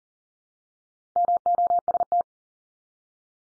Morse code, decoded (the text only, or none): MOST